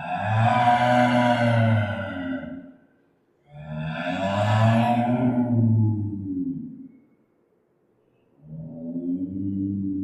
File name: Clouded leopard